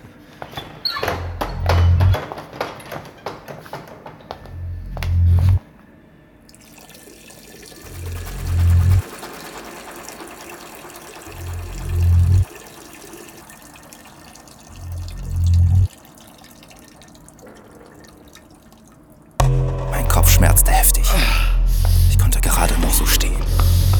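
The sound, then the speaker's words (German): A steady hiss of cold tap water running and splashing as someone rinses their face in a toilet, with soft whispery sounds over it and a deep thumping pulse that repeats every couple of seconds, swelling loudly at the end. “Schnell nahm ich eine Kopfschmerztablette zu mir und spülte mein Gesicht mit kaltem Wasser.”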